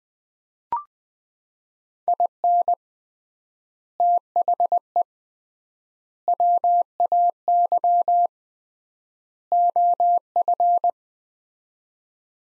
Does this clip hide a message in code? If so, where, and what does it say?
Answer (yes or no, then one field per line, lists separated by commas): yes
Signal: Morse code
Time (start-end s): 2.1-10.9 s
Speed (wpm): 20 wpm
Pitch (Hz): 700 Hz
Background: none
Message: IN THE WAY OF